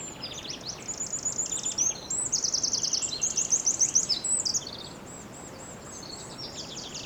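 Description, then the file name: Eurasian wren song: a loud, fast outpouring of high trills and sharp buzzy rattles lasting about four seconds, then fading to faint high notes. "Troglodytes troglodytes"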